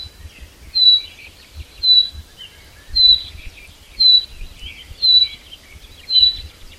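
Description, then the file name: Common chaffinch sounding a brief, pure high note about once a second, six times over. "Fringilla coelebs"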